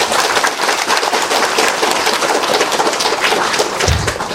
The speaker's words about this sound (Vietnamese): Xin quý vị cho một tràng pháo tay.